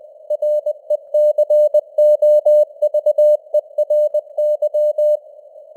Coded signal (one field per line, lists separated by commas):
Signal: Morse code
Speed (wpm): 20 wpm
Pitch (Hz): 600 Hz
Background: none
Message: RECOVERY